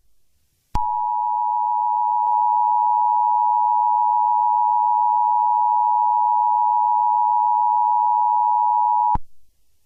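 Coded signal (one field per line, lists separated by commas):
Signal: Emergency Alert System (SAME) tones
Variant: 853 and 960 Hz attention tone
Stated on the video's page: Fictional EAS scenario, not a real alert.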